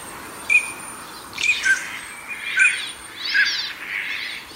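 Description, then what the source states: Northern pintail calls, short clipped whistles at two pitches, roughly once a second, with softer wavering calls and a thin steady high tone. Tokyo suburbs, Japan.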